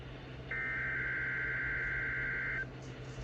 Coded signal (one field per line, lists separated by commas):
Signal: Emergency Alert System (SAME) tones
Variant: header bursts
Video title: Required Weekly Test On WXL46 & KJY82 [EAS #240 - #241]